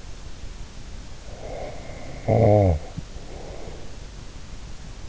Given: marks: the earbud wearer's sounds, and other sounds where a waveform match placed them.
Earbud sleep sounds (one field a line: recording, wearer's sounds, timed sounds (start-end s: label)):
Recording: sounds in sleep by an in-ear microphone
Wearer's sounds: snoring breath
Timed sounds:
1.13-3.98 s: snoring breath